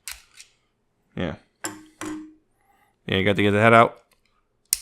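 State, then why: Seated. A plastic transforming robot toy's head is pulled out of its tight platform and clicked into position on the torso while someone talks. Softer handling ticks come first, then a sharp, loud click at 4.7 seconds as the head seats.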